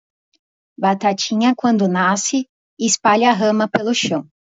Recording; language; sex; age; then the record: short text; Brazilian Portuguese; female; 20 to 29 years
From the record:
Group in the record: control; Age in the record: 25 years